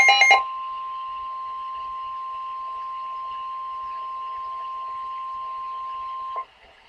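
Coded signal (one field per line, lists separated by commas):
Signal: Emergency Alert System (SAME) tones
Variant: 1050 Hz attention tone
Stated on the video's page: Severe Thunderstorm Warning from NWS Pittsburgh on NOAA weather radio station WWF-35, Bridgeport, Ohio.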